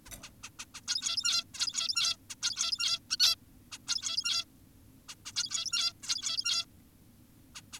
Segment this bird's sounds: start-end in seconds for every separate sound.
0.06-0.10, 0.23-0.30, 0.44-0.50, 0.59-0.65, 0.75-0.81, 0.88-1.44, 1.54-2.17, 2.30-2.35, 2.42-3.00, 3.10-3.17, 3.20-3.36, 3.72-3.78, 3.88-4.45, 5.09-5.15, 5.26-5.32, 5.36-5.93, 6.03-6.66, 7.55-7.62, 7.73-7.80